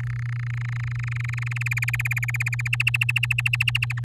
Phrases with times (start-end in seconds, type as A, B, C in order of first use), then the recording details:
0.00-1.69 A, 1.71-2.68 B, 2.73-4.00 C, 4.04-4.04 D. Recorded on 11 May 2018 at 10:38. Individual llb16